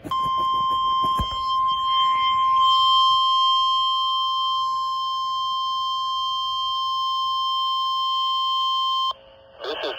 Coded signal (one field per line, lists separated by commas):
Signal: Emergency Alert System (SAME) tones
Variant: 1050 Hz attention tone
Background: speech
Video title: (KEC56) REQUIRED WEEKLY TEST (REAL EAS#3378)